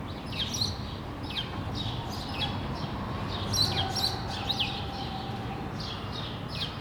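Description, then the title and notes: Sparrow chirps in a lively series of sharp falling notes over a low steady rumble. Sparrows on Rue de l'épargne, Brussels, Belgium, recorded on World Sparrow Day with a Lom mikroUši AB microphone pair into a Deity PR-2 recorder. "Rue de l'épargne, Bruxelles, Bruxelles-Capitale, Belgique - World Sparrow Day. Sparrows - moineaux"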